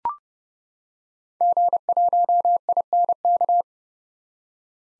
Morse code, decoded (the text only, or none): G1INK